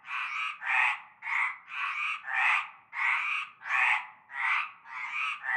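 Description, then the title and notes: Frog chorus of rasping croaks following one another in rapid, somewhat irregular succession. Chorus heard from nightfall in a large concrete basin holding stagnant greenish water, Avenue Cante Coucou, La Ciotat, Bouches-du-Rhône, Provence, France. "Avenue Cante Coucou, Groupède, La Ciotat, Marseille, Bouches-du-Rhône, Provence-Alpes-Côte d'Azur, France métropolitaine, 13600, France - cœur de grenouilles. Une grande vasque en béton, un fond d'eau verdâtre croupissant. et un cœur de grenouilles dès la nuit tombée"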